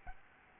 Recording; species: mosquito wingbeat signal from an infrared sensor; Aedes albopictus